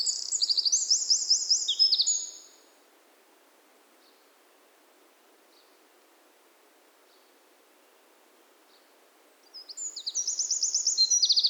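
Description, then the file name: Eurasian wren song: a burst of high rapid trills, then near silence with a few faint ticks, before another loud trilling outburst near the end. "Troglodytes troglodytes"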